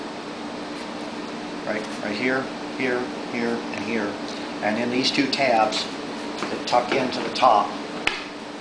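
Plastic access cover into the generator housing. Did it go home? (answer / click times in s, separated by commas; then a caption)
yes / 8.1 s. Someone talks while the plastic access cover of a Yamaha EF6300iSDE generator, with its two top tabs tucked into the top, is pushed so its four snaps engage in the generator housing, over a steady low hum. A single sharp snap is heard at 8.1 s as the cover seats in place.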